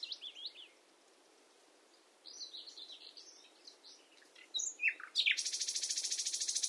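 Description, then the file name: Common nightingale song: brief chirps, soft warbling, then a loud, fast, steady rattling trill. "Luscinia megarhynchos"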